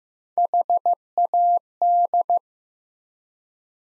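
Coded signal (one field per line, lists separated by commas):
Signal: Morse code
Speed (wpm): 15 wpm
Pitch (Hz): 700 Hz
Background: none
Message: HAD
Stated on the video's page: Morse practice at 15 wpm, sentences from top 100 words sent with 4x word spacing, a Farnsworth-like method for head-copying.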